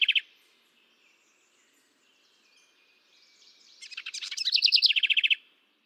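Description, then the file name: House wren singing: a brief burst of notes, soft twittering, then a fast jumbled series of chattering notes building into a loud, rapid trill. "canto da garrincha"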